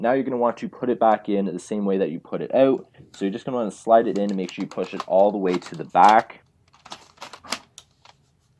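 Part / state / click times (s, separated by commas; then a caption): optical CD drive into laptop drive bay / seated / 7.5 s. Someone talks while a replacement optical CD drive is slid into a laptop's drive bay and pushed all the way to the back. After the talking stops, a few faint scraping taps follow, then a sharp click at 7.5 s as the drive seats home in its connector.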